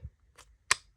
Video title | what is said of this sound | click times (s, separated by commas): 704 Gear Fixed Blades Are Here !! | so you can hear it lock into place | 0.7 s